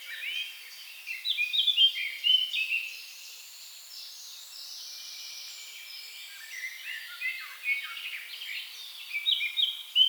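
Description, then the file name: Eurasian blackcap song, scratchy high chattering phrases in bursts at the start and again near the end, with a quieter stretch between. "Sylvia atricapilla"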